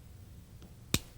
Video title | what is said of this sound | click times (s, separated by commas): Handgun Basics For Self-Defense And Target Shooting - Lenny Magill Productions | two there's my second click and now I can rotate this cylinder | 0.9 s